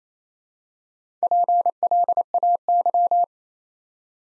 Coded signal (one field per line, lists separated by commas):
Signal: Morse code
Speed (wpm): 27 wpm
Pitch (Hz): 700 Hz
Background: none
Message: PLAY